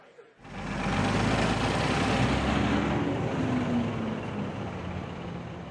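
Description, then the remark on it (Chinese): A city bus engine rumbles steadily amid street traffic at a crossroads in an old-town district of grey-tiled bungalows, a broad low drone with a faint humming tone that starts abruptly and holds at an even, fairly loud level throughout. “我拿着这纸条和地图，一路按图索骥，倒了几趟公共汽车，终于找到一处十字马路的交叉口。”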